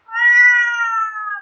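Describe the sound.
Cat giving a single clear, drawn-out meow, steady in pitch and fading slightly at the end, with no other sounds.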